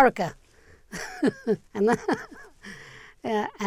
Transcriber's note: she laughs